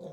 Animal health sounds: pig call; piglet (1 to 25 days)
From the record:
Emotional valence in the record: negative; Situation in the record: short isolation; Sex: male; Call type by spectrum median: low-frequency call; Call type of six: low-frequency stable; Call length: 0.13 s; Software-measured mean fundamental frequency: 54 Hz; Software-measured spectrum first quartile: 218 Hz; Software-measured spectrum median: 434 Hz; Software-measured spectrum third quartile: 561 Hz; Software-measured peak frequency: 518 Hz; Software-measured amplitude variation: 102 dB a second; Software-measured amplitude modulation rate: 19.5 a second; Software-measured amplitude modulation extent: 5.2 dB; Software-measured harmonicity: 3.5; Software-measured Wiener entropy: 0.02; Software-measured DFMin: 1369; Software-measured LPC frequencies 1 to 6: 527, 3476, 3820, 4704, 5677, 6439 Hz

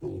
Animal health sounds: pig call; weaner (32 to 43 days)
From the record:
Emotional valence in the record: positive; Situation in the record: positive conditioning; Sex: female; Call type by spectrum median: low-frequency call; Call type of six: low-frequency stable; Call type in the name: low-frequency stable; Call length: 0.20 s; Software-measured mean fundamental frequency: 49 Hz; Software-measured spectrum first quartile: 138 Hz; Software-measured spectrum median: 296 Hz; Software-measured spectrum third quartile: 372 Hz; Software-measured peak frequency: 354 Hz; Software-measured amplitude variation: 120 dB a second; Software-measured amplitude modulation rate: 19.5 a second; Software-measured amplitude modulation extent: 6.2 dB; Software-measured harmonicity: 2.8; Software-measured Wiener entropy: -0.13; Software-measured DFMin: 1347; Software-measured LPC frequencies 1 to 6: 354, 2563, 3458, 4316, 5138, 6009 Hz

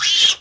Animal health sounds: pig call; piglet (1 to 25 days)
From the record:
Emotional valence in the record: negative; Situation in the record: long isolation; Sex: female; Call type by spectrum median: high-frequency call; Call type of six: high-frequency stable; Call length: 0.41 s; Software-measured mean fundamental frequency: 299 Hz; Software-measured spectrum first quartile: 3107 Hz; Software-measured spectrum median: 3582 Hz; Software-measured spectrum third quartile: 5118 Hz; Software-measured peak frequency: 3246 Hz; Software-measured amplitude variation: 139 dB a second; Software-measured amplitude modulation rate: 16.0 a second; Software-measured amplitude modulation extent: 8.7 dB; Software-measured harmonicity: 4.7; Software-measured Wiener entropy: -2.31

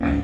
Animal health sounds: pig call; growing-finishing pig (85 days or more)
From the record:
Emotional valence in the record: negative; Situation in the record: barren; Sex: female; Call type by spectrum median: low-frequency call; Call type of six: low-frequency stable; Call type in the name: low-frequency stable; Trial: 1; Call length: 0.24 s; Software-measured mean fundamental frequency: 71 Hz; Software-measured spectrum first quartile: 168 Hz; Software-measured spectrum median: 291 Hz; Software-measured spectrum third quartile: 664 Hz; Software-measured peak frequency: 229 Hz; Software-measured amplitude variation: 127 dB a second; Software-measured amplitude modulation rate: 27.6 a second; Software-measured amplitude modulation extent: 4.6 dB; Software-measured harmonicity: 0.7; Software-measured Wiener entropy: -1.18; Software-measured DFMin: 512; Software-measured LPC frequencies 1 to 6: 1735, 2401, 3476, 6614, 7525, 9488 Hz

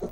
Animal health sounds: pig call; piglet (1 to 25 days)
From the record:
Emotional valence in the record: negative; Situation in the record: crushing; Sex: male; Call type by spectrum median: low-frequency call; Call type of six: low-frequency stable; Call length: 0.11 s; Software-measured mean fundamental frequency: 51 Hz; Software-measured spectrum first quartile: 230 Hz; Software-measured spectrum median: 396 Hz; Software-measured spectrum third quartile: 632 Hz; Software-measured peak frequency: 411 Hz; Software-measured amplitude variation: 120 dB a second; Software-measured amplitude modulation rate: 13.4 a second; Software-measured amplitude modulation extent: 9.0 dB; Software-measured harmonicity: 4.6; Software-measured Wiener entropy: -0.29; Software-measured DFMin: 1009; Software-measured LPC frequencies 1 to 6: 454, 3377, 4097, 6242, 8029, 9860 Hz

